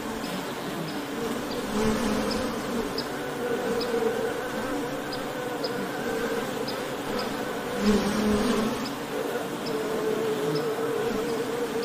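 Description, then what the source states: Honey bees humming continuously, a steady drone with passing swells. Ambient honey bee wing-buzz sound, presented as ASMR background sound for work and sleep.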